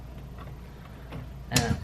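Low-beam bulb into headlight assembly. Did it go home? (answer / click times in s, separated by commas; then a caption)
yes / 1.6 s. A new low-beam bulb is pushed fully into the headlight housing of a VW Jetta and turned. After faint handling sounds, a sharp click at 1.6 s marks the bulb twist-locking in place, seated in the headlight assembly.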